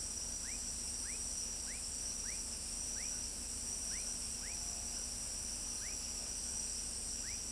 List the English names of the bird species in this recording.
none